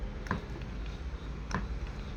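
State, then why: Seated. An LED circuit plate is placed in a bulb housing and pressed twice with a small hand-operated punch press, called a tikki machine, to lock it into the bulb body. Two short, sharp press hits sound at 0.3 s and 1.5 s over a low steady background hum. The plate is seated and locked.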